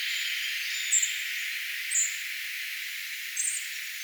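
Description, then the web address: Spotted flycatcher song: three thin, very high squeaky notes spaced about a second apart over steady hiss. Singing; recorded 4 June 2025. "paivat 4 6 2025 harmaasieppo laulaa"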